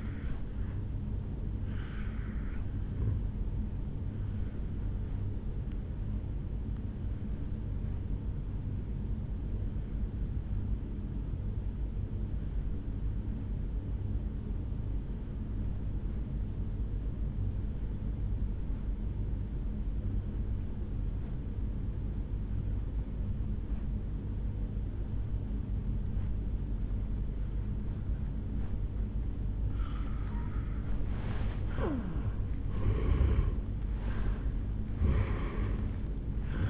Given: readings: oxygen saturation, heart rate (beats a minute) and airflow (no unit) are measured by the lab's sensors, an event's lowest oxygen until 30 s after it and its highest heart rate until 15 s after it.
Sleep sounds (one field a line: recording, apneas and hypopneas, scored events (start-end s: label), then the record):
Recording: breathing in sleep by a smartphone at the bedside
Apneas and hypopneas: 1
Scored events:
9.00-32.60 s: obstructive apnea (N2, oxygen 94% highest, then 83% lowest, heart rate 59 at the start, 75 highest)
From the record:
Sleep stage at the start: N2 (light sleep)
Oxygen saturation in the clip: 84 to 94%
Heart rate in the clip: 55 to 75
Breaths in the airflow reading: 2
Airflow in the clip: -11.3 to 7.2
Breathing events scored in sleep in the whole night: 449 in 7.0 hours asleep